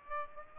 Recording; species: mosquito wingbeat signal from an infrared sensor; Aedes aegypti